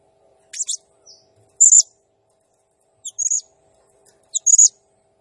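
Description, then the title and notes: Blue-crowned hanging parrot calls: shrill, squeaky high notes in short buzzy bursts, with gaps of about a second between groups. Serindit in full, energetic song (gacor, 'nembak' style), used as a masteran training sound and lure for other birds. "Burung Serindit Nembak Gacor Bikin Emosi Semua Burung. Suara Nasteran Dan Pemikat Burung Serinditan Gacor"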